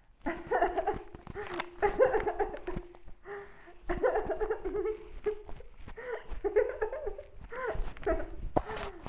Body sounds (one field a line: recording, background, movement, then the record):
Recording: laughter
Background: quiet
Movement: sitting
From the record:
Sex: female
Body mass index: 18.8 kg/m2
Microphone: on the chest, facing outward